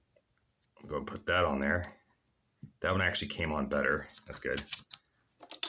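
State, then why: Seated. Someone talks while a plastic LEGO building brick is pressed onto the Dilophosaurus Ambush model. The brick snaps into place with a sharp click at 5.6 seconds, seated firmly.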